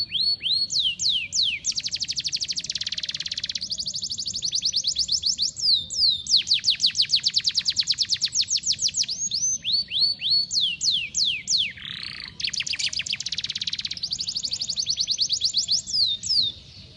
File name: audio kenari wolverine milik om indra omkicau